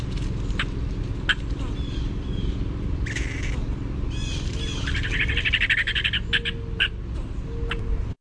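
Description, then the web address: Fox squirrel chattering calls: sharp barks and chucks scattered through, then a rapid buzzy run in the middle, all over a steady low rumble. "naturesounds sounds FOSQ"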